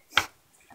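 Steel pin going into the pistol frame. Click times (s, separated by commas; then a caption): 0.2 s. A steel frame pin is pushed back into the polymer frame of a compact Glock 43 pistol during reassembly, with a screwdriver holding things in position. A single sharp snap at 0.2 s marks the pin clicking back into place, followed by faint quiet handling. The pin is seated.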